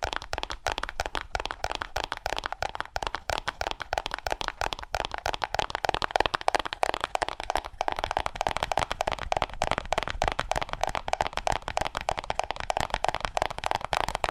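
Fast, aggressive tapping on cardboard: dense, sharp knocks follow one another in a rapid, slightly uneven stream for the whole fourteen seconds. Each tap has a dry, papery snap with a hollow midrange ring, and the pace and loudness stay steady throughout.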